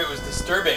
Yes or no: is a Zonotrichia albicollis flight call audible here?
no